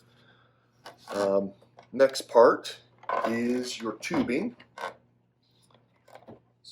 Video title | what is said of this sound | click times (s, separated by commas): Full Care and Use of Resmed Airsense™ 10 by Live Well Cpap | all the way in if you don't it will sound like it's leaking snap it in place there | 0.9 s